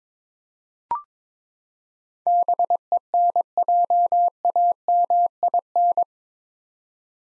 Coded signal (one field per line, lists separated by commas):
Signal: Morse code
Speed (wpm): 22 wpm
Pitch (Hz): 700 Hz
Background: none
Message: BENJAMIN